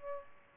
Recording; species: mosquito wingbeat signal from an infrared sensor; Aedes albopictus